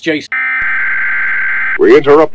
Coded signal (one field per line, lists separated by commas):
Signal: Emergency Alert System (SAME) tones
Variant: header bursts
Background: speech